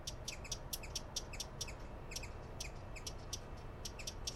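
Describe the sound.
Broad-billed hummingbird uttering dry, high chips, often in quick doublets, repeated several times a second against a low rumbling background.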